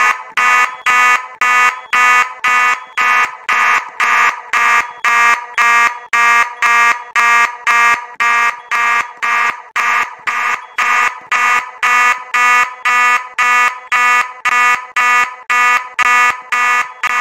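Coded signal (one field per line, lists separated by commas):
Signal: alarm pattern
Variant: fast march time horn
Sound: buzzy fire alarm horn pulsing rapidly and steadily, about two blasts per second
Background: small room echo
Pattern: continuous short pulses, about 2 per second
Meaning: Continuous march-time pulsing signals a general fire alarm: evacuate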